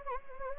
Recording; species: mosquito wingbeat signal from an infrared sensor; Anopheles arabiensis